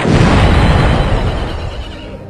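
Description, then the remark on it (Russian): A bomb explosion, from a bomb thrown by a revolutionary on 18 February 1905: a loud, dense roar heavy in deep rumble that hangs for a couple of seconds and slowly fades, with no voices. “От взрыва бомбы, брошенной революционером, погиб ее муж.”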